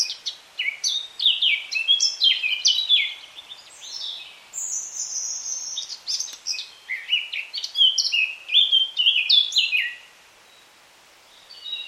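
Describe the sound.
Eurasian Blackcap song: almost continuous fast warbling of jumbled high twittering notes for about ten seconds, then a short silence.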